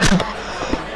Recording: coughing mixed with background sound